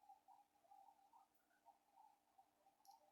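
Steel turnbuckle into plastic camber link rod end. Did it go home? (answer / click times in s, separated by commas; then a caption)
no / none. A steel turnbuckle is threaded into a plastic rod end on an Arrma Big Rock RC camber link, but the part is cross-threaded and the threads fail to catch. Only a faint, steady tone with soft scraping ticks is heard, plus a brief high-pitched burst near 2.9 s. Nothing has seated or clicked yet.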